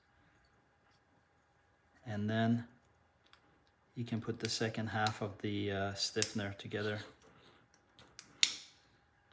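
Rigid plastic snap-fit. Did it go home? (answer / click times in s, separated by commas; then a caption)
yes / 8.4 s. Someone talks, then presses the second half of a plastic stiffener plate onto the first half around an HDMI connection. A few faint clicks lead up to a sharp snap at 8.4 s as the halves click into place, making a secure connection.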